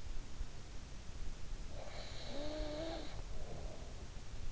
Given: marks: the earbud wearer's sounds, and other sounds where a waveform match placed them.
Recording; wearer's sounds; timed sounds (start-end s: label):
sounds in sleep by an in-ear microphone; breath
1.27-4.45 s: breath